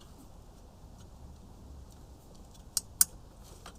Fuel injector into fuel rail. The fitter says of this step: There you go. Snap right in.